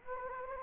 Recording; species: mosquito wingbeat signal from an infrared sensor; Anopheles gambiae